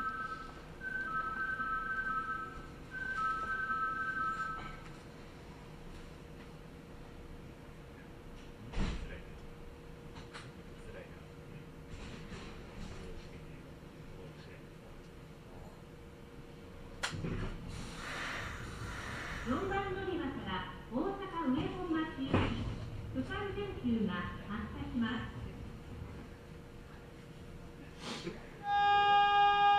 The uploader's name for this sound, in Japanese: 耳で楽しむ鉄道旅 近鉄大阪線 区間準急 大和朝倉→近鉄下田